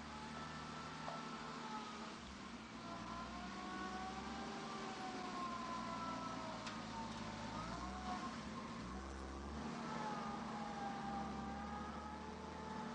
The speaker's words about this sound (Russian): Грузовик проезжает по дороге через лес.